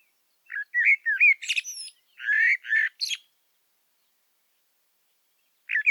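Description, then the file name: Common blackbird song with fluty, wavering low notes and scratchy high squeaks, then a pause before a new phrase begins. "Turdus merula"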